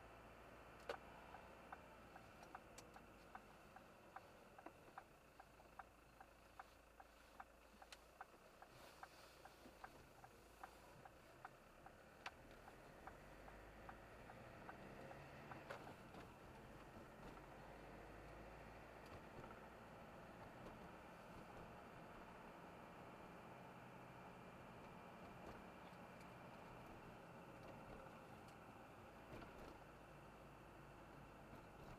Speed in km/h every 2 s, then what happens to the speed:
26, 22, 15, 7, 8, 15, 24, 33, 37, 42, 44, 45, 45, 44, 40, 36.
0-5 brakes to 7. 8-18 speeds up to 42. 18-25 steady at about 44. 25-32 slows to 36.